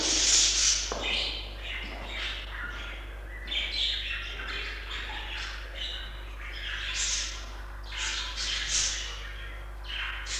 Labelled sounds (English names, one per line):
Budgerigar call